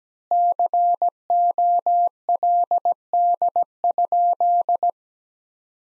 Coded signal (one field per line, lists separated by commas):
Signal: Morse code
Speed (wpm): 17 wpm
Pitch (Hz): 700 Hz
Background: none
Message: COLD?